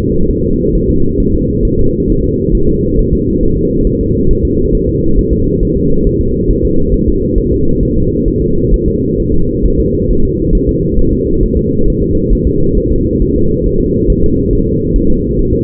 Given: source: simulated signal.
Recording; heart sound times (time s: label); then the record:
fetal heart sounds
0.31 s: S1
0.45 s: S2
0.75 s: S1
0.90 s: S2
1.20 s: S1
1.34 s: S2
1.65 s: S1
1.79 s: S2
2.10 s: S1
2.24 s: S2
2.55 s: S1
2.69 s: S2
2.99 s: S1
3.13 s: S2
3.43 s: S1
3.57 s: S2
3.87 s: S1
4.01 s: S2
4.31 s: S1
4.45 s: S2
4.75 s: S1
4.89 s: S2
5.19 s: S1
5.33 s: S2
5.63 s: S1
5.77 s: S2
6.07 s: S1
6.21 s: S2
6.51 s: S1
6.65 s: S2
6.94 s: S1
7.08 s: S2
7.38 s: S1
7.52 s: S2
7.83 s: S1
7.97 s: S2
8.28 s: S1
8.42 s: S2
8.74 s: S1
8.88 s: S2
9.20 s: S1
9.34 s: S2
9.66 s: S1
9.79 s: S2
10.11 s: S1
10.25 s: S2
10.55 s: S1
10.69 s: S2
10.99 s: S1
11.13 s: S2
11.43 s: S1
11.57 s: S2
11.88 s: S1
12.02 s: S2
12.33 s: S1
12.47 s: S2
12.78 s: S1
12.92 s: S2
13.22 s: S1
13.36 s: S2
13.66 s: S1
13.81 s: S2
14.10 s: S1
14.24 s: S2
14.53 s: S1
14.67 s: S2
14.96 s: S1
15.10 s: S2
15.39 s: S1
15.53 s: S2
From the record:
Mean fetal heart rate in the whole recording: 135 bpm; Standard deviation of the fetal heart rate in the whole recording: 3 bpm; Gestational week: 36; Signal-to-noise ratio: -16.4 dB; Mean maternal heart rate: 72 bpm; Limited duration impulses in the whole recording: present